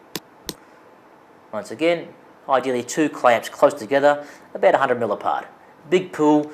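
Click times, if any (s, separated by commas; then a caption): 0.2 s, 0.5 s. A plastic clamp is folded over pool cover material that has been punched with a pull string, then pressed until it locks into place, giving two sharp clicks at 0.2 s and 0.5 s. Afterward someone talks.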